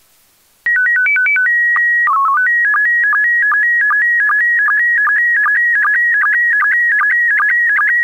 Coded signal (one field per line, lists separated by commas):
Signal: SSTV (slow-scan television)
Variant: PD 50